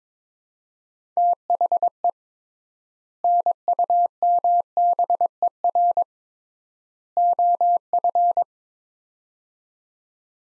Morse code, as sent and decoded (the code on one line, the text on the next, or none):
- .... . / -. ..- -- -... . .-. / --- ..-.
THE NUMBER OF